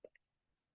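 A breathing hose with silver prongs is lined up, pushed down into a PAPR blower and twisted clockwise, and it seats with a twist-lock. Two short clicks are heard at 0.1 s and 0.2 s: the first a lower plop-like knock and the second a brighter, higher tick. Then it goes quiet.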